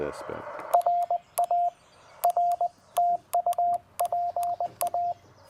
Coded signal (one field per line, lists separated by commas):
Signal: Morse code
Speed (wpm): 19 wpm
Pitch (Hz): 690 Hz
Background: speech, radio noise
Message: RA R TU PA